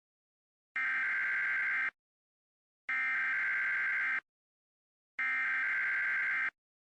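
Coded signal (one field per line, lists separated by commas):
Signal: Emergency Alert System (SAME) tones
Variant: header bursts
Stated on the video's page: Fake EAS alert.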